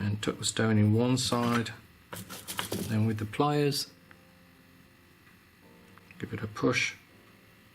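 A gemstone is tucked into one side of a tension-set metal ring and pushed with pliers between the metal setting bars, while someone talks. Only faint handling ticks are heard in the quiet gaps. The stone has not snapped into the setting yet, and nothing has seated or clicked.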